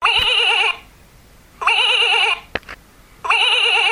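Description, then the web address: Goat bleating, three long wavering bleats with a quavering tremolo, spaced roughly every one and a half seconds, with a few clicks between the second and third; the last is cut off. "Cianton Bambini Animali Capra Verso"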